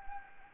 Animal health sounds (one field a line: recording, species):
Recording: mosquito wingbeat signal from an infrared sensor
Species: Anopheles gambiae